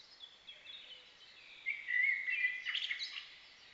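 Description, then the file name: Common blackbird giving a short warbling, twittering phrase over soft background hiss. "Turdus merula"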